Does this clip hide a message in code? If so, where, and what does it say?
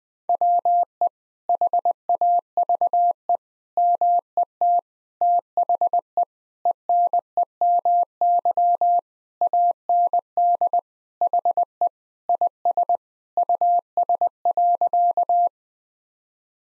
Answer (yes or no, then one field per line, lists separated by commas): yes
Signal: Morse code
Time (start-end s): 0.3-15.5 s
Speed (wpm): 20 wpm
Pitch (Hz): 700 Hz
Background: none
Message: WE HAVE MET THE ENEMY AND HE IS US.